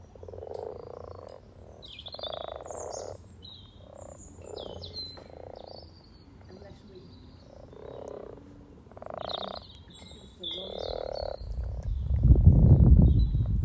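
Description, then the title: Frog chorus of low, purring croaks in overlapping bursts about a second long, with birds singing high above and a loud rumble near the end. Spring chorus of about 20 frogs in a sunny garden pond on freshly laid spawn, welcoming arriving females; Freshfield, Formby, Merseyside, UK, sunny St Patrick's Day, 17 March 2023. "Frog Chorus Spring sounds first Lunch outside St Patrick’s day 17 March 2023 . Freshfield, Formby"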